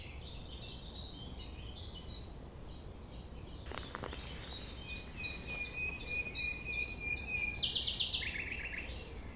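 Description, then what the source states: Common nightingale song: a fast run of repeated high notes, then a long steady whistle and quick trilled phrases, over a low background rumble. Recorded at 6 a.m. at sunrise near the Thève at Champ de Ménage; the nightingale sings without waiting for silence.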